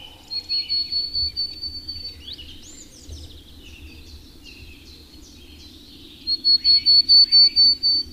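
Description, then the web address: Willow tit song: a run of clear, even whistled notes, then soft twittering, then a louder series of matching whistles near the end. "Madardalok - Kormosfejű cinege"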